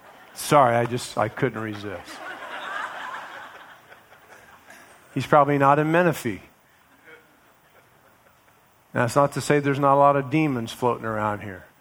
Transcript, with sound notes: Sorry, I just, I couldn't resist. [laughing] He’s probably not in Menifee. That's not to say there's not a lot of demons floating around here.